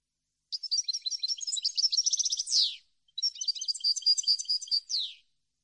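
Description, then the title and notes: European goldfinch song, two lively twittering phrases of chips and trills, the first closing with a down-slurred buzz, separated by a brief pause. Clean goldfinch song for song copying (training). "canto de jilguero limpio para copia"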